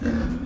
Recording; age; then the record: pig call; growing-finishing pig (85 days or more)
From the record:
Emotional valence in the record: negative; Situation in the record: barren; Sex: female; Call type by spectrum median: low-frequency call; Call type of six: low-frequency modulated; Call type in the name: low-frequency modulated, not sure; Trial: 3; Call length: 0.46 s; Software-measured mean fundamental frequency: 68 Hz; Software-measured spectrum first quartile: 144 Hz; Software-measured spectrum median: 250 Hz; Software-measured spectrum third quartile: 495 Hz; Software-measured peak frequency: 239 Hz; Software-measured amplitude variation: 156 dB a second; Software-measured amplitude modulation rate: 20.8 a second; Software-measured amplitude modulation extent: 7.5 dB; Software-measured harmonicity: 1.8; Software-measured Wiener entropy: -0.74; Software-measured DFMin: 1077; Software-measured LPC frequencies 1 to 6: 281, 1629, 2623, 3515, 4344, 4989 Hz